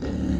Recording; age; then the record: pig call; growing-finishing pig (85 days or more)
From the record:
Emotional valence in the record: negative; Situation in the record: barren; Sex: female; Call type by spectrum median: low-frequency call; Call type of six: low-frequency modulated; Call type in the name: low-frequency modulated, not sure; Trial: 1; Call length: 0.41 s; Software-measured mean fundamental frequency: 61 Hz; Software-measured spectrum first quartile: 118 Hz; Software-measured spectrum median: 217 Hz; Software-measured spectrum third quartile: 353 Hz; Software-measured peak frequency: 259 Hz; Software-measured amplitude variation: 128 dB a second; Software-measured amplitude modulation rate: 28.3 a second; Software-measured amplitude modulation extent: 4.5 dB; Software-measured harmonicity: -0.9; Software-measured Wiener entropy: -0.65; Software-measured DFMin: 870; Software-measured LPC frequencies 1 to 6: 285, 1796, 2899, 3880, 4963, 5950 Hz